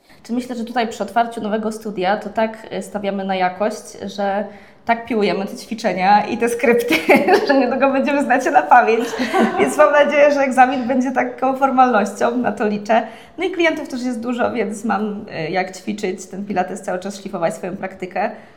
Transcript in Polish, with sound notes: Znaczy myślę, że tutaj przy otwarciu nowego studia, to tak stawiamy na jakość, że tak piłujemy te ćwiczenia i te skrypty, że niedługo będziemy znać je na pamięć. [śmiech] Więc mam nadzieję, że egzamin będzie taką formalnością. Na to liczę. No i klientów, też jest dużo, więc mam jak ćwiczyć ten pilates, cały czas szlifować swoją praktykę.